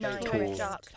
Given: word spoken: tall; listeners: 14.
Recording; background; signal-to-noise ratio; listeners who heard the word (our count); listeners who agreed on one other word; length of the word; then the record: one English word in noise, from a listening test; four-talker babble; 0.0 dB; 4 of 14; 7 of 14; 0.57 s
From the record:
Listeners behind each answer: 7, 4, 1, 1, 1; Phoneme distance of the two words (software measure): 10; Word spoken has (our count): 1 syllable, 3 phonemes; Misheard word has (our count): 1 syllable, 3 phonemes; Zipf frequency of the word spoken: 4.51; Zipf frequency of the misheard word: 5.52